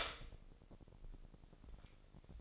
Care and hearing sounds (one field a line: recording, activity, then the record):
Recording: daily activity, microphone in the room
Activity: stop toaster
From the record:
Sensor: 5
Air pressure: 1007.1 hPa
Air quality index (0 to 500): 127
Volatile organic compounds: 1 ppm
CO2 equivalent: 965 ppm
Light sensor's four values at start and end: 27/61/25/26 and 27/61/25/26